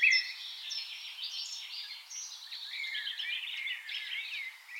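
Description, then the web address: Eurasian blackcap singing a steady, chattering warble, with a sharp bright note at the very start and dense tangled phrases after. "SETE data Sylvia atricapilla"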